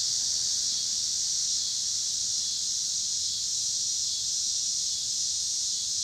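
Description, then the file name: Cicadas droning together in an unbroken, even, high buzz, steady in loudness from start to finish. Cicadas recorded with car noise in Pittsburgh, Pennsylvania, on 26 August 2023. "cicadas and cars Pittsburgh PA"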